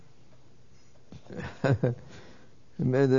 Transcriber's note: he laughs